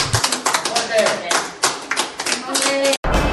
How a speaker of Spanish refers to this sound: Y bueno, vemos allí cómo los enfermeros y el personal del hotel aplauden su salida.